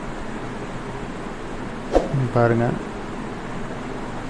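A wiring connector is pushed onto a washing machine pressure switch sensor and locks in with a short, sharp click at 1.97 s. Someone talks right after the click, over a steady background hum.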